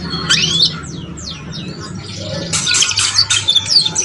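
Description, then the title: Belgian canary calls: a series of quick downslurred whistled notes, then a loud burst of rapid high trilled chirps, over low background hum. Song to warm up young Belgian canaries and stimulate them to start singing and chirping quickly. "Canto Para Esquentar Canário Belga. SUARA KENARI PAUD CUIT CUIT BELAJAR BUNYI - pancingan kenari paud muda agar cepat bunyi dan ngeriwik"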